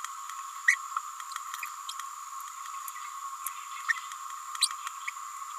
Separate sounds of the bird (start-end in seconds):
0.67-0.77, 3.88-3.93, 4.61-4.68